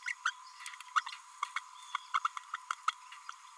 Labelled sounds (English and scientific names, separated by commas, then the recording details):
Green-rumped Parrotlet (Forpus passerinus) babbling
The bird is a male
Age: 29 days
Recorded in a nest box in Venezuela
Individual 17B32A6